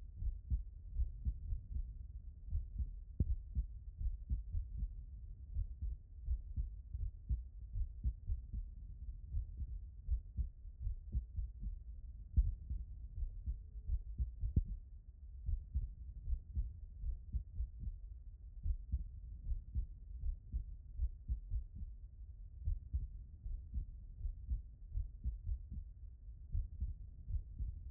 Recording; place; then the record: heart sounds by stethoscope; pulmonary valve (PV)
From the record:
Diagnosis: non-HFrEF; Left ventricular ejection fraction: 61%